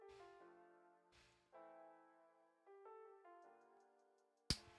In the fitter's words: Again, we all heard that click.